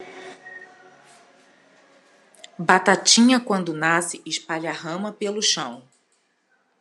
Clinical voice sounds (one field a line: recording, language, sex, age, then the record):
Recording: short text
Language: Brazilian Portuguese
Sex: female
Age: 40 to 49 years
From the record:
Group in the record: control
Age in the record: 48 years